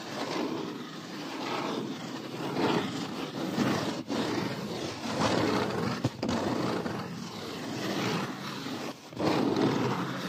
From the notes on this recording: unboxing, wood sanding, tapping, paper, and much more